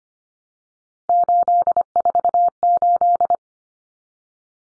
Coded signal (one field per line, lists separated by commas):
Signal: Morse code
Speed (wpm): 25 wpm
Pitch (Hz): 700 Hz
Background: none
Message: 848